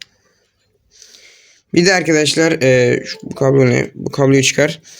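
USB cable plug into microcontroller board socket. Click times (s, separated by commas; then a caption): 0.0 s. A USB cable plug is pushed into the socket of a microcontroller board in an Arduino project, with a sharp click at 0.0 s, followed by a brief hiss and then someone talking. The plug does not seat fully in its socket, so it needs adjusting and supporting.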